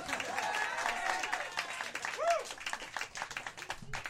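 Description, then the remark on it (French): A crowd applauds steadily for about four seconds as a performer is introduced at a Radio H2O show, a dense crackle of many hands clapping, with a brief rising-and-falling whistle or vocal cry near the middle and some voices mixed in. “Ah ouais, il applaudit, c'est peut-être la seule place pour m'applaudir pendant tout le numéro.”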